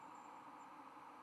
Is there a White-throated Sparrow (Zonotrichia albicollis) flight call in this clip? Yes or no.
no